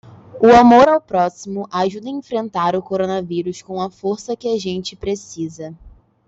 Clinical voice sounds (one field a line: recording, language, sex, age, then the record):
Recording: spoken sentence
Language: Brazilian Portuguese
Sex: female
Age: 20 to 29 years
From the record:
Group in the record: control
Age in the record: 23 years